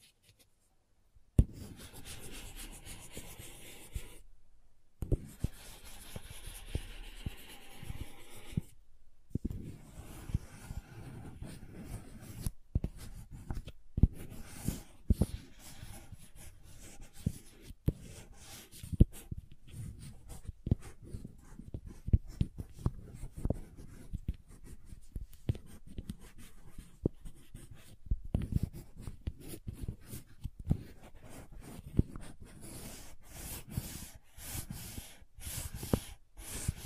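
Slime and crayon sounds with tapping: dense, irregular scratchy rubbing and sticky squelches, frequent sharp taps, and brief silent breaks near five and nine seconds.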